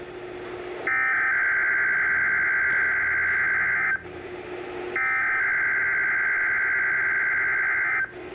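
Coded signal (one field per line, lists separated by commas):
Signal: Emergency Alert System (SAME) tones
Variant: header bursts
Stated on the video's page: Required Weekly Test on NOAA Weather Radio station.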